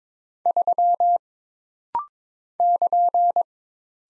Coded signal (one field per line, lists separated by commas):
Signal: Morse code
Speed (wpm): 22 wpm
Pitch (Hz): 700 Hz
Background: none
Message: 3 <KN>